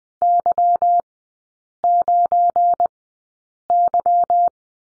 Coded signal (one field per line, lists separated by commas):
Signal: Morse code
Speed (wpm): 20 wpm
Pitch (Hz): 700 Hz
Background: none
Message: Y9Y